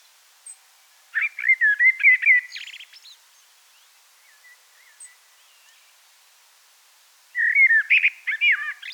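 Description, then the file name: Common blackbird singing two fluty, warbling phrases with twittered endings, separated by a quiet gap with soft faint notes. "Turdus merula"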